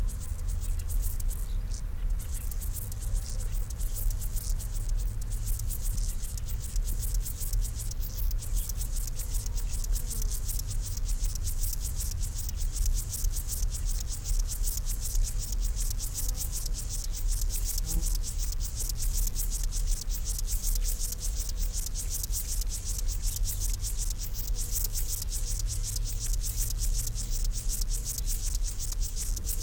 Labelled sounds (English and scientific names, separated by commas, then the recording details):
Upland Field Grasshopper (Chorthippus apricarius)
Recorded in the wild
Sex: male
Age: imago
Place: Blankenfelde, Berlin, DE
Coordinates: 52.6, 13.4
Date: 1991-10-06 11:50
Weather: sonnig, Schatten: 25,3 °C, Sonne: 30,4°C
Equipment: Marantz CP 430, Sennheiser ME 80, K 30 AV, Kopie Tesla B 116
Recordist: Tembrock, Günter